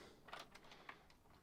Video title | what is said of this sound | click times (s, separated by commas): Panasonic RX5500LE. How To Change The Belts. Radio Cassette Repair. Boombox Restoration. | okay that snapped back into place | 0.9 s